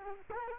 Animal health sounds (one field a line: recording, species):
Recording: mosquito wingbeat signal from an infrared sensor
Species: Culex quinquefasciatus